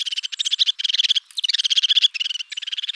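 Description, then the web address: Crested tit calling: rapid, high, buzzy chattering trills of quick repeated notes in bursts, with brief pauses between runs across the three seconds. "Parus cristatus"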